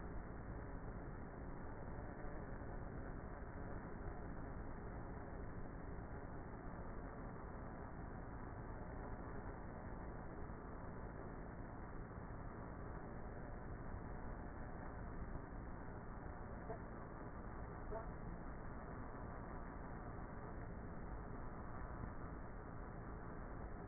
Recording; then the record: honeybee colony, microphone inside the hive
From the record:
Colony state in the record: queenless with a low population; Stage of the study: before two queens were removed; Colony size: about 30,000 bees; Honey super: no